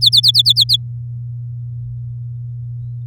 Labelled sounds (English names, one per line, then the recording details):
Domestic Canary song
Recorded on 8 May 2018 at 12:11
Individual llb16